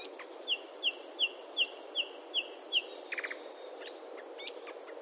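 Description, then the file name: Common nightingale song: seven evenly spaced, sharp whistled notes in a steady row, followed by a brief harsh chatter and a few quieter chirps. "Luscinia megarhynchos"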